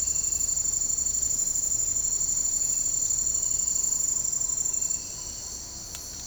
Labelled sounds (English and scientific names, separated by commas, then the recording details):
none
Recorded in secondary vegetation near Puerto Asís, Putumayo, Colombia, on 13 March 2025 at 08:00
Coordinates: 0.502, -76.326
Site G100